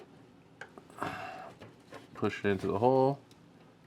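A two-slot graphics card is handled and lined up over the motherboard's PCIe slot and the case bracket, with a few light handling taps around 0.6 to 1.0 seconds while someone talks. The card has not been pushed home yet, and nothing has seated or clicked.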